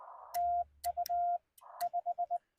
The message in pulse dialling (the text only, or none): none